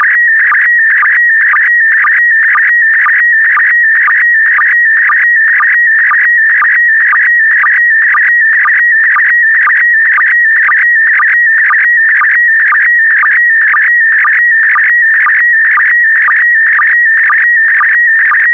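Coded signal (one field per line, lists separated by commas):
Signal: SSTV (slow-scan television)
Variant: PD120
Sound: continuous warbling tone with a rhythmic chirping tick about twice a second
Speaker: complete. You can now check your decoded image against the picture that is shown on the video.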